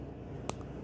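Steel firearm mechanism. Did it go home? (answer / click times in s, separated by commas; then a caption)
yes / 0.5 s. The steel hammer of an antique 1888 Harrington & Richardson top-break .38 S&W revolver in polished nickel is pulled back until it snaps into the half-cock (safety) notch of the frame. A single sharp, short metallic click sounds at 0.5 s over a quiet background. The hammer is seated at half-cock, set back from the frame, so the firing pin no longer protrudes.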